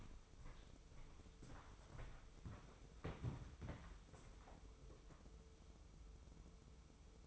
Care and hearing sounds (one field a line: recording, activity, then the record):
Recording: daily activity, microphone in the room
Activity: walk to room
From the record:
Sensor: 1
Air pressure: 995.7 hPa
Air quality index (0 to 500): 36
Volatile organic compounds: 1 ppm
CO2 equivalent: 626 ppm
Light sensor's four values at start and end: 31/106/41/42 and 30/105/40/42